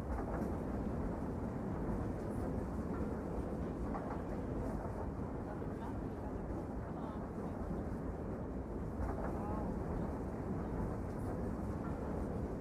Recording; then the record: background sound without coughing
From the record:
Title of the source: Train Ride Ambience ambient white noise for sleeping, focus, studying, reading